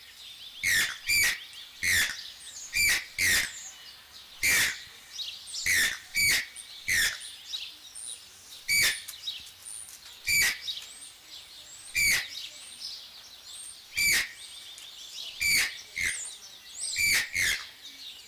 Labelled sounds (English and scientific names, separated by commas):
Channel-billed Toucan (Ramphastos vitellinus) call